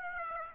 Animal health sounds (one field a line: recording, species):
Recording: mosquito wingbeat signal from an infrared sensor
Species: Aedes aegypti